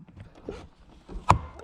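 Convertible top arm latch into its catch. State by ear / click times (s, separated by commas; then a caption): not seated / none. On a Nissan 300ZX convertible, the top's arm is opened so its latch comes down onto the catch, and a sharp knock sounds at about 1.3 s after some quieter handling noise. The latch does not engage, so nothing has clicked or caught yet.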